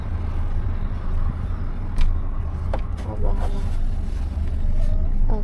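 An infant car seat carrier is fitted onto its base in a car, which has two locks. Two sharp clicks are heard at 2.0 s and 2.7 s over a steady low rumble while someone talks. Both locks click home and the carrier is seated.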